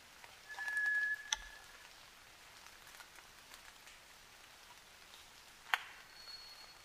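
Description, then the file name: White's thrush song: a thin, steady, ghostly whistle on one low pitch, then after a long pause a fainter, higher whistle, over a soft hiss with scattered drips and ticks. Sung at night, 29 June 2009, at 23:14. "toratugumi-20090629-2314"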